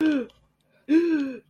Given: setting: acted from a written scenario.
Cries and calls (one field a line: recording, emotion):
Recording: vocal sound without words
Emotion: negative surprise